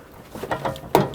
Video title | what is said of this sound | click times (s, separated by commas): How to Replace Radiator 2003-2021 Chevrolet Express | There we go. Take this cooler line, slide it in, make sure it clicks. | 0.9 s